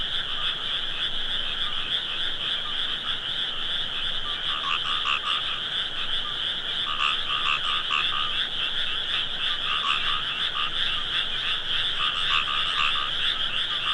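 Frog chorus of many overlapping callers, a continuous buzzing trill with brief lower-pitched pulses standing out now and then.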